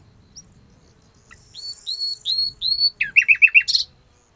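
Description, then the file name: Common nightingale song phrase: a few thin high whistles, then a fast series of loud repeated slurred notes, ending in a harsh rasping burst. "Luscinia megarhynchos"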